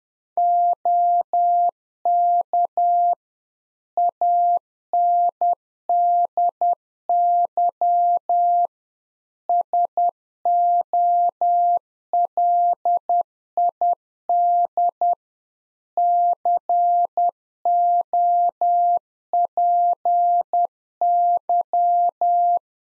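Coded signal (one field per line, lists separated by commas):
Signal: Morse code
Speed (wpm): 10 wpm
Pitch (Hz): 700 Hz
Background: none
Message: OK ANDY SOLID COPY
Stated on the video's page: Practice QSO in Morse code at 10 wpm, one-sided, for head-copy training.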